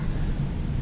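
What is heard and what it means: A cast metal partial denture framework is handled over a dental model, with a steady low rumble and no distinct clicks. Nothing has seated or clicked yet; the framework is not yet home on the model.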